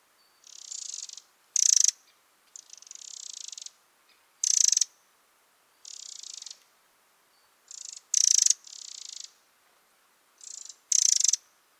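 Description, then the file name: Eurasian wren calls: quick dry rattles in separate bursts, some loud and sharp, others softer and buzzier, with short silent gaps between them. "Troglodytes troglodytes"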